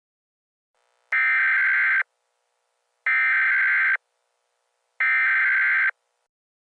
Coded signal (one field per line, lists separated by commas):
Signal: Emergency Alert System (SAME) tones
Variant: header bursts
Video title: EAS Scenario - The Biggest Blizzard In History